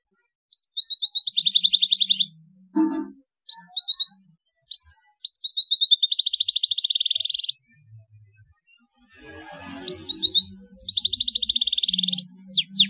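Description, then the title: Belgian canary singing long, fast rattling trills broken by quick whistled notes and chirps, with a soft low rumble underneath. Belgian canary song played as a lure to stimulate young canaries into singing. "Canto Para Esquentar Canário Belga. CUITAN KENARI PALING AMPUH MERANGSANG BUNYI KENARI PAUD. PANCINGAN KENARI AGAR GACOR"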